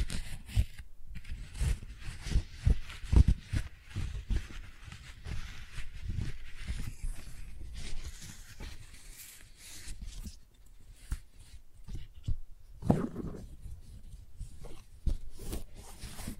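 Flower sounds made of soft rustling and rubbing, with frequent crackly taps scattered unevenly throughout. The handling is busiest in the first half, quietens briefly around ten seconds, then returns with a fuller crinkling burst near thirteen seconds.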